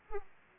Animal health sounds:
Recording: mosquito wingbeat signal from an infrared sensor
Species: Aedes aegypti

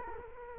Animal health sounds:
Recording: mosquito wingbeat signal from an infrared sensor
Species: Culex quinquefasciatus

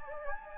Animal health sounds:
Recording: mosquito wingbeat signal from an infrared sensor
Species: Anopheles gambiae

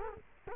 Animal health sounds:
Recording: mosquito wingbeat signal from an infrared sensor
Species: Culex quinquefasciatus

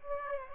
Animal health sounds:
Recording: mosquito wingbeat signal from an infrared sensor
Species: Aedes aegypti

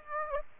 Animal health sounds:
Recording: mosquito wingbeat signal from an infrared sensor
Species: Aedes aegypti

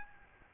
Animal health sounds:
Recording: mosquito wingbeat signal from an infrared sensor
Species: Aedes albopictus

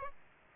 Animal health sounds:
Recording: mosquito wingbeat signal from an infrared sensor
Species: Aedes aegypti

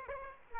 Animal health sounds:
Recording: mosquito wingbeat signal from an infrared sensor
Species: Aedes aegypti

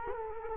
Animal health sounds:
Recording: mosquito wingbeat signal from an infrared sensor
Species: Culex quinquefasciatus

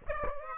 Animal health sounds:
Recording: mosquito wingbeat signal from an infrared sensor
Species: Aedes aegypti

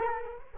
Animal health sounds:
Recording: mosquito wingbeat signal from an infrared sensor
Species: Culex quinquefasciatus

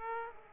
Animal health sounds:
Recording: mosquito wingbeat signal from an infrared sensor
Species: Aedes aegypti

